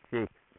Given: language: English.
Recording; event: throat vibration sensor signal played as sound; speech